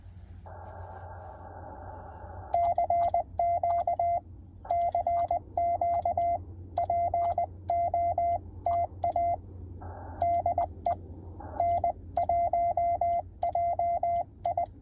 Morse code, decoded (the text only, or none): CQ CQ POTA DE N1JI